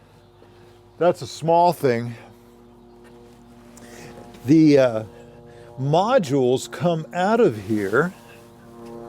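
Someone talks while a magnetic rechargeable light-bar module is handled at an Arclight bicycle pedal body, over a steady low tonal hum, with a faint tap near 3.8 s. The module is being taken out of the pedal, and nothing has seated or snapped home yet.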